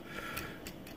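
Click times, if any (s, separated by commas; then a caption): none. A small plastic peg on a Takara-version Transformers The Last Knight Deluxe Cogman figure is rotated until it lines up with its socket, then slowly pushed down. Soft, light plastic ticks and handling noise are heard, with the sharpest tick at about 0.7 s. Nothing has seated or clicked into place yet.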